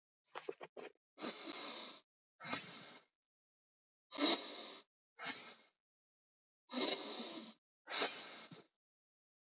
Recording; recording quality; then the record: deep breathing; excellent, no background noise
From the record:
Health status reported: healthy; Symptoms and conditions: none ticked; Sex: male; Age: 52 years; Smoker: yes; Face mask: not worn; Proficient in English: yes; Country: India